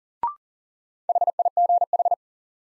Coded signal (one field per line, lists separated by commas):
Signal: Morse code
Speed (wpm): 40 wpm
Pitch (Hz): 700 Hz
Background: none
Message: HIGH